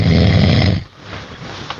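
A loud, deep, rumbling snore from a man asleep at night lasts just under a second, then gives way to a quiet, slightly echoey room in a silent house. This is a heavy low-pitched snore, the vibrating-airway noise of a sleeping adult, and it goes on all night.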